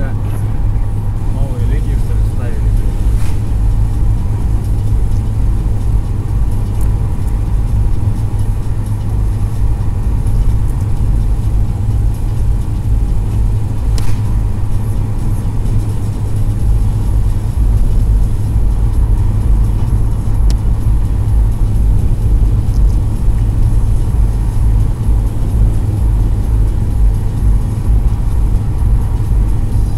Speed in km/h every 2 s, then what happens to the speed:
104, 104, 104, 104, 104, 104, 105, 105, 105, 105, 105, 105, 105, 104, 103.
0-30 steady at about 104.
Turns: none.